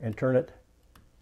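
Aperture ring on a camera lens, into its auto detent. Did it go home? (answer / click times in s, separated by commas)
yes / 1.0 s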